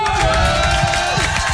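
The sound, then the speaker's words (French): A loud crowd cheers and applauds in a dense, continuous roar of clapping and shouts, with a steady held tone running through it. “Et puisqu'on t'applaudit, je vous demande de faire énormément de bruit”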